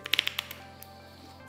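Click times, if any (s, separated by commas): 0.1 s, 0.2 s, 0.3 s, 0.4 s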